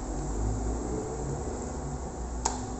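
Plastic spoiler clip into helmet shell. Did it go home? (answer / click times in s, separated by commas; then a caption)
yes / 2.5 s. A plastic spoiler clip is snapped onto a Gille GTS V1 helmet shell without screws. Over a steady background hiss, a single sharp click is heard at 2.5 seconds as the spoiler clip seats into place.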